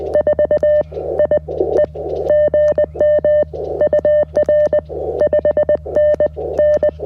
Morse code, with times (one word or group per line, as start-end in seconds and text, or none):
0.1-0.8 4
1.2-1.4 I
1.8-1.9 E
2.3-3.4 GM
3.8-4.8 UR
5.2-6.3 5N
6.6-6.9 N